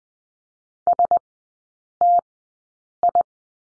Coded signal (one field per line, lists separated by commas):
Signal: Morse code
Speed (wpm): 20 wpm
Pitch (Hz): 700 Hz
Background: none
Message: STI